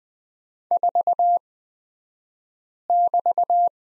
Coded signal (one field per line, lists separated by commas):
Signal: Morse code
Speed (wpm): 20 wpm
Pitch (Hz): 700 Hz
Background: none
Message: 4<BT>